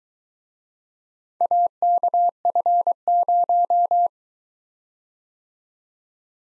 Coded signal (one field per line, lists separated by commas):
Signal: Morse code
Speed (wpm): 23 wpm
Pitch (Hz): 700 Hz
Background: none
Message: AKF0